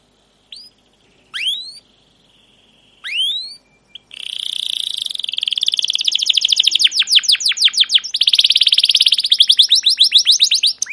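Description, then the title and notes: Canary song: a few scattered rising chirps with pauses, then a continuous long trill of rapid descending chirp notes lasting about seven seconds. Captive canary; long, continuous chirping song used as a lure and master recording to train young canaries to sing. "CUIT CUIT NGEROL LANGSUNG GACOR PANJANG Kenari Ini AMPUH Utk Pancingan KENAR. PANCINGAN Kenari GACOR PANJANG Cuit CUIT EMOSI ini AMPUH utk MASTERAN Kenari PAUD belajar BUNYI. burung kenari"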